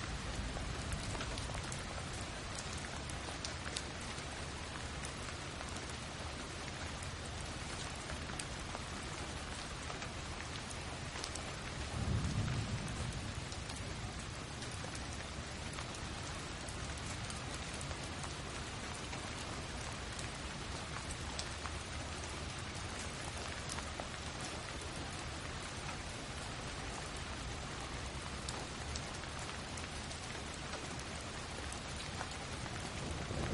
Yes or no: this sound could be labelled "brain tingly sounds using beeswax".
no